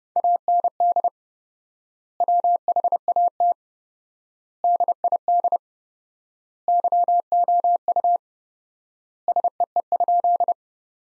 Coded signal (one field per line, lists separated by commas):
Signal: Morse code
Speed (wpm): 30 wpm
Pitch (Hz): 700 Hz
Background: none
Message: AND WHAT DID YOU SEE?